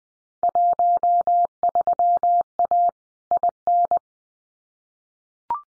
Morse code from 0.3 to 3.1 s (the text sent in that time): 13A